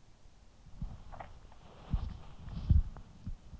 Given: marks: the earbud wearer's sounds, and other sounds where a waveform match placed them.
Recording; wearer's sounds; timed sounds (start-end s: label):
sounds in sleep by an in-ear microphone; body movement
0.47-3.60 s: body movement